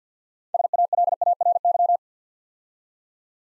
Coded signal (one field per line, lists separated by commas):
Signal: Morse code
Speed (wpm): 48 wpm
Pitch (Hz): 700 Hz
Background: none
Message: SALARY